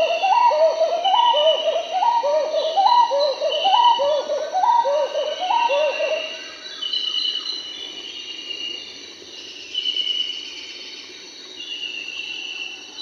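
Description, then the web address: Marbled Wood-Quail rolling hoots repeated quickly for about six seconds, then dropping away, leaving softer higher bird calls in the background. Recorded in South America. "Natures Songs S America Marbled Wood-Quail"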